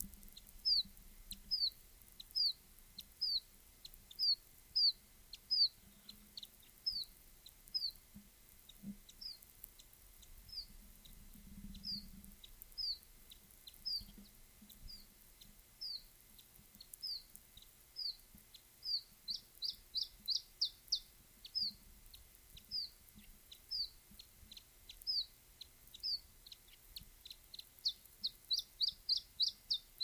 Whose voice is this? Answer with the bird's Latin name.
Phylloscopus ibericus